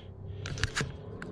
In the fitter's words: a nice solid click